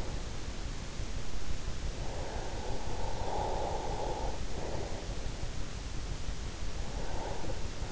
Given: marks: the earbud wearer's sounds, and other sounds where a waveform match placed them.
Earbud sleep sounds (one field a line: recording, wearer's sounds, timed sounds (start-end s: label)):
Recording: sounds in sleep by an in-ear microphone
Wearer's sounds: breath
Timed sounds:
2.43-5.35 s: breath
6.83-7.92 s: breath